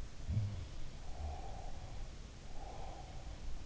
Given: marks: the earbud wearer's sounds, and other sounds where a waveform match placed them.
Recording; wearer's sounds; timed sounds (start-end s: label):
sounds in sleep by an in-ear microphone; breath
0.05-3.23 s: sound from someone else or the room
1.12-3.23 s: breath